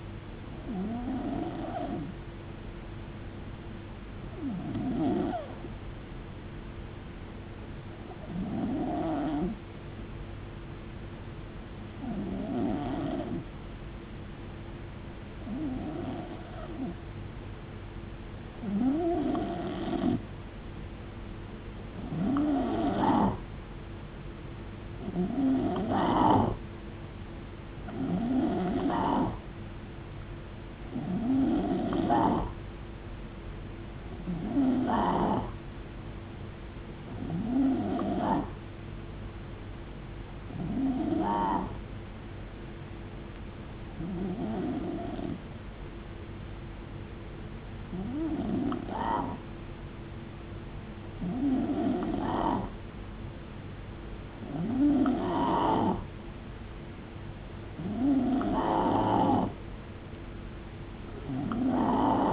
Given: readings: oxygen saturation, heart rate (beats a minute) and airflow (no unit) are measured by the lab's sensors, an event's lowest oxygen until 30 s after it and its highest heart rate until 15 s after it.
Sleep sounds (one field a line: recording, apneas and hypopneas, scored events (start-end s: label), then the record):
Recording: breathing in sleep by a voice recorder at the bedside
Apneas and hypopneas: 1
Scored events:
7.00-22.80 s: hypopnea (N2, oxygen 91% highest, then 89% lowest, heart rate 60 at the start, 75 highest)
From the record:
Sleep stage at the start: N2 (light sleep)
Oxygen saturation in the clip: 89 to 93%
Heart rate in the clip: 58 to 80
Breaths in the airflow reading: 18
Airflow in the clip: -7.9 to 5.1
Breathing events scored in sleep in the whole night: 389 in 6.3 hours asleep